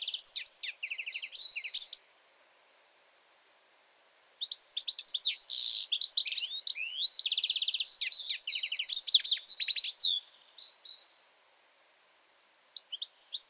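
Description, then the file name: European goldfinch giving bright twittering song, a short burst, a pause of about two seconds, then a long run of liquid chirps and buzzy trills. "Carduelis carduelis"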